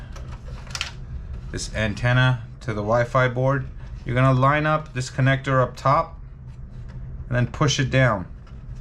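An antenna coax connector on a PS3 Fat CECHH01 is lined up at the top of the Wi-Fi board and handled into position while someone talks, with a few brief sharp ticks around 0.8 s. Nothing has seated or clicked yet.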